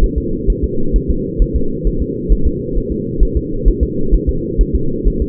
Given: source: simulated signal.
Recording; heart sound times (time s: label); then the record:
fetal heart sounds
0.04 s: S1
0.18 s: S2
0.50 s: S1
0.64 s: S2
0.96 s: S1
1.10 s: S2
1.42 s: S1
1.56 s: S2
1.87 s: S1
2.02 s: S2
2.32 s: S1
2.47 s: S2
2.77 s: S1
2.92 s: S2
3.23 s: S1
3.37 s: S2
3.68 s: S1
3.83 s: S2
4.14 s: S1
4.29 s: S2
4.61 s: S1
4.75 s: S2
5.08 s: S1
5.22 s: S2
From the record:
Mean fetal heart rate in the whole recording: 130 bpm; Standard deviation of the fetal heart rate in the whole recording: 2 bpm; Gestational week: 36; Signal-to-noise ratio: -8.1 dB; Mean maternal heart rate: 72 bpm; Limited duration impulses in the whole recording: absent